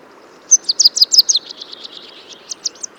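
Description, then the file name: Eurasian blackcap song, a short loud rattle of rapidly repeated high clear notes, then softer notes and a few spaced chirps. "Sylvia atricapilla"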